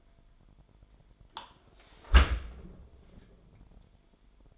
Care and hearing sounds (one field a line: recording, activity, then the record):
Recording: daily activity, microphone in the room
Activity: close dishwasher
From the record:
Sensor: 5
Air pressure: 998.4 hPa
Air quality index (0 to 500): 82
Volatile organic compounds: 1 ppm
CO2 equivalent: 938 ppm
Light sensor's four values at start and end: 21/49/20/23 and 21/48/20/23